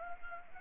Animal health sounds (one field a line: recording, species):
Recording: mosquito wingbeat signal from an infrared sensor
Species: Anopheles gambiae